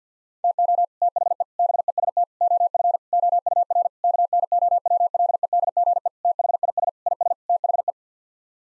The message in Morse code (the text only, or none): TO THE BEST OF OUR KNOWLEDGE THIS IS THE